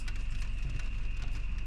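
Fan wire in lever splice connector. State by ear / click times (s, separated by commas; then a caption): not seated / none. A wire is being handled at a lever-type splice connector for the wiring of an RV Maxx Air vent fan, with the small lever about to be flipped down to clamp it. A steady high tone and low rumble run under light handling noise, with a brief tick at 0.1 s. The clip ends before the part goes home, so nothing has seated or clicked yet.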